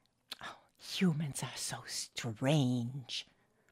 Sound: whisper